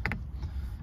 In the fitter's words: Samo ih škljocnete, imaju svoje rupe tu.